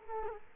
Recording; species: mosquito wingbeat signal from an infrared sensor; Culex quinquefasciatus